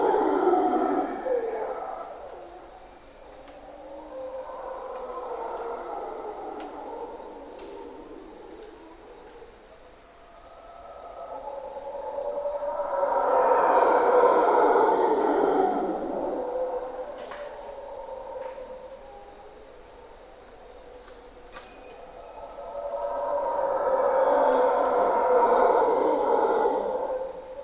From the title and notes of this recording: Mantled Howler Monkeys in Corcovado morning twilight. Monos Congos, or Mantled Howler Monkeys, waking the jungle in Costa Rica's Parque Nacional Corcovado. With their distinctive grunt and and calls, they are a defining aspect of the Osa Peninsula's Dawn and Dusk.